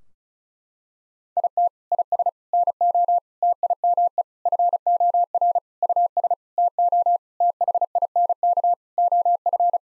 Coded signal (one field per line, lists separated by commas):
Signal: Morse code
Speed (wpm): 34 wpm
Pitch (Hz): 700 Hz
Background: none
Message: IT IS NO TIME FOR US TO THINK OF